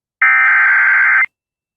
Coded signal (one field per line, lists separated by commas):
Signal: Emergency Alert System (SAME) tones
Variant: header bursts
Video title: VA And WV SVR EAS #667